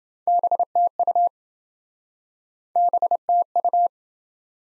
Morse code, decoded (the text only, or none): BTU BTU